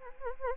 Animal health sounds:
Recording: mosquito wingbeat signal from an infrared sensor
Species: Anopheles arabiensis

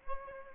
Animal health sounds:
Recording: mosquito wingbeat signal from an infrared sensor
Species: Aedes aegypti

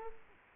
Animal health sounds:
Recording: mosquito wingbeat signal from an infrared sensor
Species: Culex quinquefasciatus

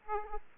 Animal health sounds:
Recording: mosquito wingbeat signal from an infrared sensor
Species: Aedes aegypti

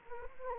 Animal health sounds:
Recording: mosquito wingbeat signal from an infrared sensor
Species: Anopheles arabiensis

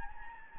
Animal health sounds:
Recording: mosquito wingbeat signal from an infrared sensor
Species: Anopheles gambiae

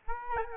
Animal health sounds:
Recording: mosquito wingbeat signal from an infrared sensor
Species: Aedes albopictus

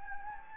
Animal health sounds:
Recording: mosquito wingbeat signal from an infrared sensor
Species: Anopheles gambiae

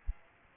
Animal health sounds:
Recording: mosquito wingbeat signal from an infrared sensor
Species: Aedes aegypti

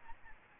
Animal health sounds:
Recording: mosquito wingbeat signal from an infrared sensor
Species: Aedes albopictus

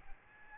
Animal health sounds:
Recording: mosquito wingbeat signal from an infrared sensor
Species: Aedes albopictus

